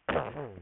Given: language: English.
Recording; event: throat vibration sensor signal played as sound; throat clearing